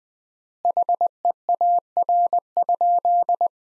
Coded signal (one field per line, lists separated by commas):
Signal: Morse code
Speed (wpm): 20 wpm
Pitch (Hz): 700 Hz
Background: none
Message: HEAR?